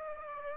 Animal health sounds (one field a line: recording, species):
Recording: mosquito wingbeat signal from an infrared sensor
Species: Aedes aegypti